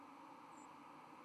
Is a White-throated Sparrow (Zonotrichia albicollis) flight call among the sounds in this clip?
no